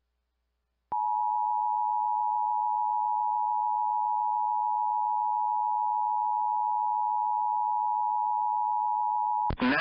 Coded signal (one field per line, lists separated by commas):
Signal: Emergency Alert System (SAME) tones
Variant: 853 and 960 Hz attention tone